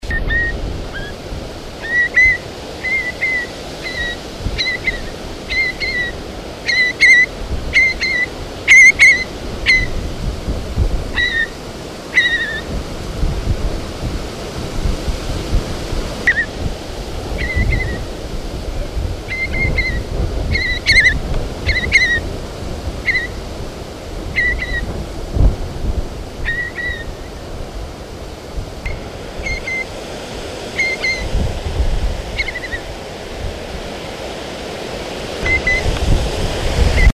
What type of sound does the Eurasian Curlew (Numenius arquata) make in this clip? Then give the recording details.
call. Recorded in the wild. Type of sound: call. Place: Gronau, Nordrhein-Westfalen, DE. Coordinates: 52.21, 7.04. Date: 1985-06-15. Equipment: Sony WM-D6C, Big Ear. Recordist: Skiba, Reinald. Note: Gronau